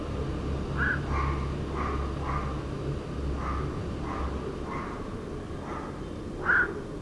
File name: bakcso hangja